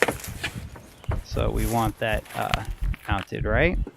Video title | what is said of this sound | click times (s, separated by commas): How To Replace a Pontiac G8 Battery 2008 2009 | gonna push it down remember this little push clips you'll hear them click so | 0.0 s